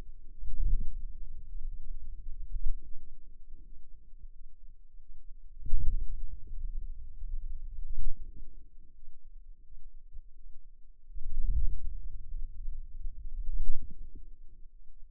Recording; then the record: forearm muscle sounds (acoustic myography)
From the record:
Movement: wrist extension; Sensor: system 2, bracelet of six BSWA MPA416 microphones around the upper forearm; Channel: 6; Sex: female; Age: 23 years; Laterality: right